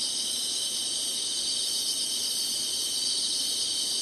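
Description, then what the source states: Insect chorus, a steady high shimmering drone in several stacked bands, continuous and unvarying throughout with no pauses. Singing, in summer.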